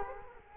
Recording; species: mosquito wingbeat signal from an infrared sensor; Culex quinquefasciatus